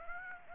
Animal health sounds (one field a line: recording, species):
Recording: mosquito wingbeat signal from an infrared sensor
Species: Aedes aegypti